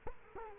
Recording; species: mosquito wingbeat signal from an infrared sensor; Culex quinquefasciatus